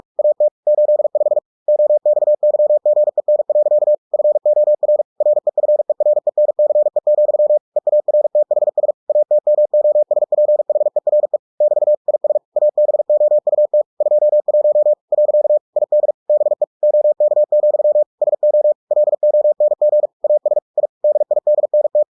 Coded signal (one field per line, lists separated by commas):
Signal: Morse code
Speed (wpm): 46 wpm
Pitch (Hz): 600 Hz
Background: none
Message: AT 85 OXYGEN. FOR REFERENCE, EARTHS ATMOSPHERE <BT> IS ABOUT 21. ID BE OK, SO LONG AS I DIDNT